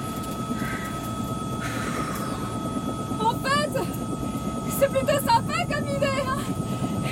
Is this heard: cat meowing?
no